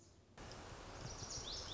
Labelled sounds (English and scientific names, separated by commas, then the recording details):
Lazuli Bunting (Passerina amoena)
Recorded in Sonoma County, California